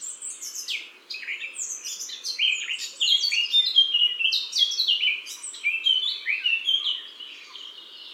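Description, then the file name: Eurasian blackcap song: a fast, varied warble of high chattering and whistled notes that grows louder partway through and fades toward the end. "Sylvia atricapilla"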